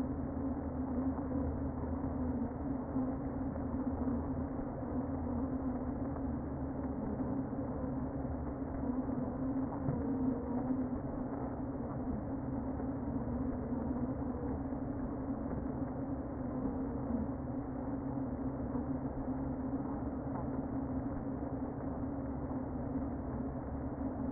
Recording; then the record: honeybee colony, microphone inside the hive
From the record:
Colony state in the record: queen present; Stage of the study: before two queens were removed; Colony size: about 60,000 bees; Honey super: yes